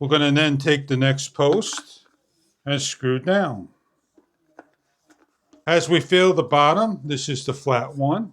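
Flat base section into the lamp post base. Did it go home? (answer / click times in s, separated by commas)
no / none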